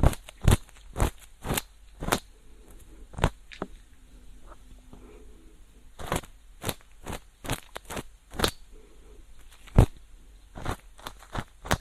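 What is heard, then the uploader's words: Ear cleaning with a feather pick: sharp, crisp scratches and crackles come in quick bursts every half second or so. They pause for a couple of seconds around the middle, leaving faint soft rustles and a low hum, then resume just as densely. Ear cleaning. 3DIO 마이크를 이용한 귀청소!! 앞에는 속닥속닥 수다 많이떨구 뒤에는 점점 말이 줄어갑니다! Feather pick (솜털귀이개).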